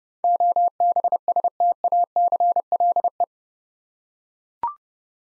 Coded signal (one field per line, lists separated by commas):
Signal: Morse code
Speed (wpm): 30 wpm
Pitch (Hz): 700 Hz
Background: none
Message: OBSTACLE